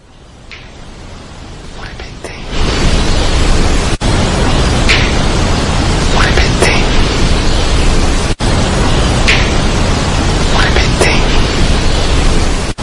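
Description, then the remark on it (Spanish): Loud, steady hiss fills an EVP recording (psychophony) from the cursed inn 'la venta maldita', with a few brief, sharp clicks like finger snaps and short dropouts breaking through at irregular moments; no clear voice stands out. “Parece que dice, hay un chasquido, exacto. Hay el clásico chasquido.”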